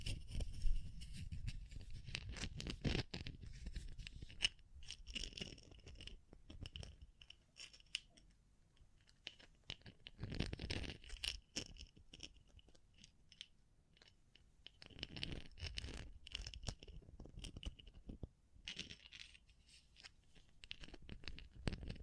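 Tapping, scratching and brushing sounds in irregular bursts, crisp crinkly clicks over soft low rustling, with quieter pauses between clusters.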